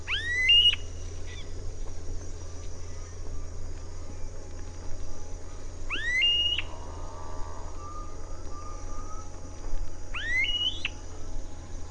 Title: LuckyPassaro Completos2Sama. Smooth-billed Ani (Crotophaga ani)